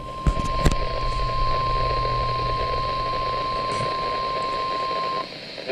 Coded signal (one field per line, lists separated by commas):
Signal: Emergency Alert System (SAME) tones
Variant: 1050 Hz attention tone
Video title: NEVER Trust Summer... | EAS #559-567 (Severe Weather Alerts from 6/4/2024)